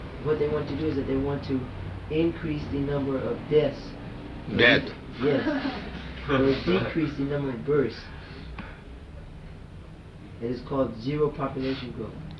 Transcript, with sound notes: What they want to do is that they want to increase the number of deaths...
Death.
Yes. [laughter] And decrease the number of births. It is called Zero Population Growth,